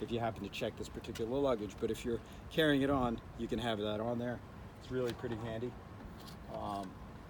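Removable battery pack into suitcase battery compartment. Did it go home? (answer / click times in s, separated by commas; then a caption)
no / none. A removable 10,000 mAh battery pack is handled at its built-in holder on a suitcase, meant to be pushed back in because the luggage can't be checked with the battery installed. Someone talks throughout, and nothing has seated or clicked yet.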